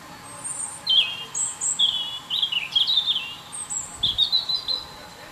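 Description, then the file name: European robin song: continuous varied high phrases of thin descending whistles and tumbling, liquid notes throughout. "Erithacus rubecula"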